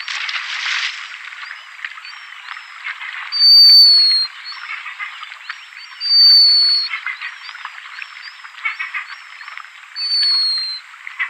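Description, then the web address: Black guillemot giving three long, thin, high whistles several seconds apart, with softer short chirps between them over a steady rushing background. "Schulze Peter Black Guillemot song"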